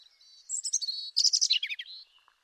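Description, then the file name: European robin song: a soft thin opening note, then quick high whistles and a tumbling cascade of rapid twittering notes that fade away. "Erithacus rubecula"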